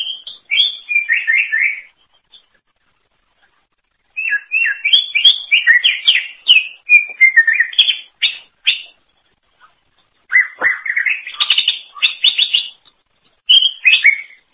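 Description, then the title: Greater green leafbird singing in bursts of quick, varied whistles and chattering warbles, each run lasting a few seconds and separated by short silences; nothing else audible. "Cucak ijo"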